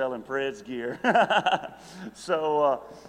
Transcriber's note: laughs